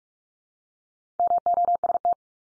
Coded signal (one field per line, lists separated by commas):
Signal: Morse code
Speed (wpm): 44 wpm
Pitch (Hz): 700 Hz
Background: none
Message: MOST